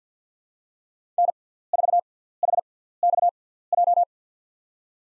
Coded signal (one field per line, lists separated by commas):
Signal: Morse code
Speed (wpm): 50 wpm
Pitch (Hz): 700 Hz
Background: none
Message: N4HXJ